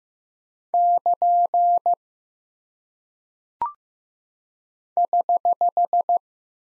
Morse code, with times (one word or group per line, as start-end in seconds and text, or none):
0.7-1.9 <KN>
5.0-6.2 <HH>